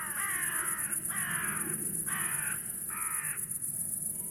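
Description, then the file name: Carrion crow cawing four times in quick succession, harsh, hoarse calls about a second apart, over a steady background hiss and high-pitched hum. "Corvus corone"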